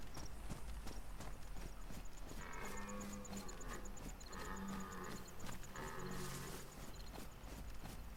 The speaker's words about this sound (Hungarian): Vagy igen, szerintem ezek szarvasok bőgnek most a közelemben.